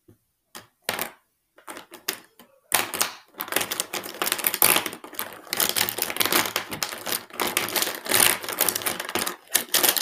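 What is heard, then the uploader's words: Markers being handled: a few isolated clicks and taps over the first few seconds, then a dense run of bright, scratchy strokes and quick clicking that carries on nearly without pause to the end. Marker ASMR. Playing around with my markers.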